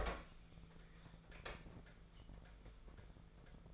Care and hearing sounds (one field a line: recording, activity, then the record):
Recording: daily activity, microphone in the room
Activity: open fridge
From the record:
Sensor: 5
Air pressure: 1015.0 hPa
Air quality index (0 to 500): 185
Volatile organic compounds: 7 ppm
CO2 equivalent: 2031 ppm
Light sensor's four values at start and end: 89/205/90/100 and 92/212/93/104